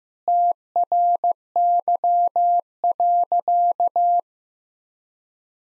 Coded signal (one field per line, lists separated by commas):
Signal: Morse code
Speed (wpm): 15 wpm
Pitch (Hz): 700 Hz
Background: none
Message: TRY.